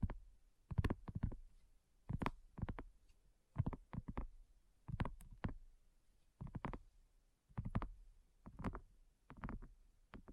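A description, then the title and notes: Tapping in short, irregular clusters of quick hits, each with a dull, low thump under a brighter click. Bursts come every second or so, with brief near-silent gaps between them and no other sounds behind. ASMR Addictive Tapping.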